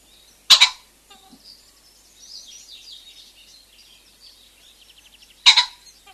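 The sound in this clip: Common pheasant crows twice, a harsh explosive double note at the start and again near the end, with quieter high bird chatter in between.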